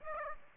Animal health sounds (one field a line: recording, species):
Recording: mosquito wingbeat signal from an infrared sensor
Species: Aedes aegypti